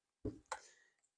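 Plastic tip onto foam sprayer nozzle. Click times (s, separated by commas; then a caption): 0.5 s. A colored plastic tip is pushed onto the end of an iK Foam Pro 2 foam sprayer nozzle, with a dull low thump near 0.2 s as it is pressed on. A single sharp snap follows at 0.5 s, trailing off in a brief ringing tail. The tip locks into place and is seated.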